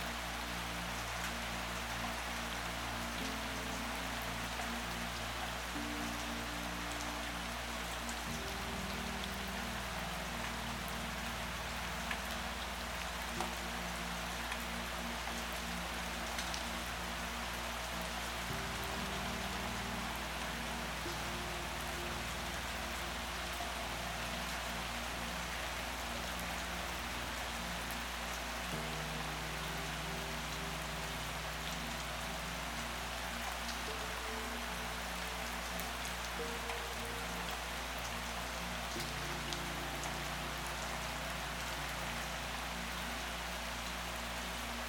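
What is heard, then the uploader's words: Heavy rain pours steadily and densely throughout, a constant hiss with scattered bright drop taps. Beneath it, soft low sustained tones shift slowly from chord to chord every few seconds, forming a gentle melody that never rises above the rain. The enveloping combination of the sound of intense rain and gentle, comforting melodies. Intense RAIN and Soothing MELODIES.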